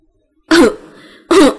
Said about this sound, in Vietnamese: ho khan hai tiếng,